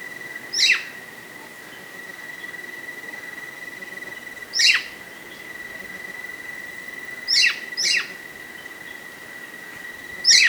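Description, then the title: Black-crested warbler giving sharp, high, downslurred chip notes, single or paired, spaced irregularly over several seconds, over a steady high-pitched hum. "Myiothlypis Nigrocristata"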